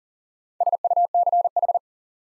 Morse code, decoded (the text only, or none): SUCH